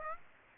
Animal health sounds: mosquito wingbeat signal from an infrared sensor; Aedes aegypti

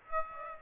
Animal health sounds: mosquito wingbeat signal from an infrared sensor; Aedes aegypti

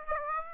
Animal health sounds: mosquito wingbeat signal from an infrared sensor; Aedes aegypti

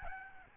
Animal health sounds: mosquito wingbeat signal from an infrared sensor; Aedes albopictus

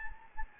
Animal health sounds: mosquito wingbeat signal from an infrared sensor; Anopheles gambiae

